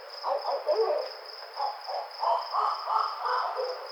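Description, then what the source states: Barred owl hoots, short, low notes in irregular bursts, with a constant shrill insect trill behind them. Recorded on 28 May 2009.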